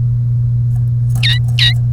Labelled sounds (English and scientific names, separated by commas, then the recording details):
Domestic Canary (Serinus canaria) song
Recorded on 1 May 2018 at 12:14
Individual llb3